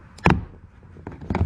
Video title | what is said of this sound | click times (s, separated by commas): 2013 Honda CRZ Passenger Mirror Replacement | pop. Some more. Popped it off there, just like that. | 0.3 s, 1.3 s